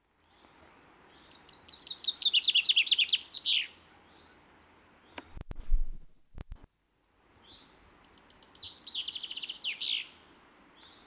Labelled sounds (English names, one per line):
Common Chaffinch song